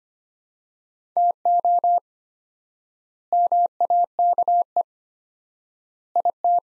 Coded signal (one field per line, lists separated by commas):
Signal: Morse code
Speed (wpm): 25 wpm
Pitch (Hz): 700 Hz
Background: none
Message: TO MAKE IT